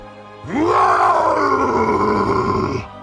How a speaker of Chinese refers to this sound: 杜隆坦突然察觉到有人靠近，随后听到声音，闻到气息，他转过身去，吼出他氏族的战吼。他举起血迹斑斑的战斧，准备将来人击倒。